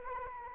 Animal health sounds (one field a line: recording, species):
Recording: mosquito wingbeat signal from an infrared sensor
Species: Anopheles arabiensis